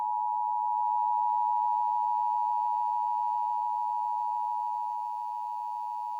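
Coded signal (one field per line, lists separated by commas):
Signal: Emergency Alert System (SAME) tones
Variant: 853 and 960 Hz attention tone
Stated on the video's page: Pennsylvania Required Monthly Test captured from an FM radio station and TV stations via an over-the-air DVR; one television capture was choppy.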